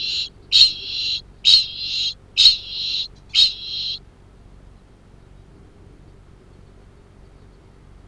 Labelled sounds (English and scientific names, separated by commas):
Kākāpō (Strigops habroptilus) ching call